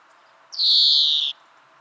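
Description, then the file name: European greenfinch uttering a single long, buzzy, nasal wheeze that stays level and fades slightly toward its end. "Chloris chloris"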